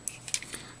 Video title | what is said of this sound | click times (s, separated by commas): 1/100 HG Gundam Airmaster | move them up like this, and they actually kind of lock into place. | 0.1 s, 0.3 s